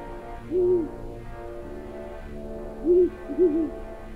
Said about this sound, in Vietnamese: Cả bốn thằng hùng hục đào trong đêm khuya, tiếng lẻng càng của cuốc sạng, đâu đó tiếng cú mèo đi ăn đêm vẫn cứ vang lên lanh lảnh, càng làm cho không gian thêm nặng nề.